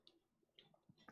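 A magnetic daisy-chain PC case fan, with a plastic frame and a magnetic edge connector, is lined up against the next fan in a 360 radiator fan set. It snaps into place with a sharp click at 0.1 s. Two more short ticks follow at about 0.6 s and 1.1 s, and the fan is seated.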